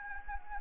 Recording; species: mosquito wingbeat signal from an infrared sensor; Anopheles gambiae